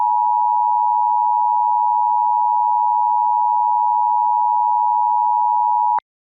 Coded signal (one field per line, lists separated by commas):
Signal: Emergency Alert System (SAME) tones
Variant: 853 and 960 Hz attention tone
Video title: The Final Hours [Majora's Mask EAS Scenario]